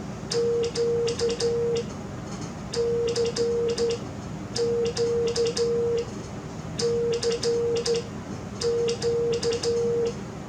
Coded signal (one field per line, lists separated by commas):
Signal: Morse code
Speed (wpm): 12 wpm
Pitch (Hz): 470 Hz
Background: none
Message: Q CQ CQ